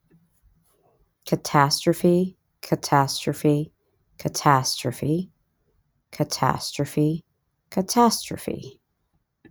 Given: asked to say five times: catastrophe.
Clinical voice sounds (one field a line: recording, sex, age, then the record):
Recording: repeated word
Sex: female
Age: 30 to 39 years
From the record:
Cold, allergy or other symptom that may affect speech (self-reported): no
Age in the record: 39 years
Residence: Texas, United States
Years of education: 16